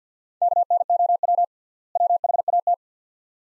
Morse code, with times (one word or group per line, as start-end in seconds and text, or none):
0.4-1.4 KNOW
2.0-2.7 WHAT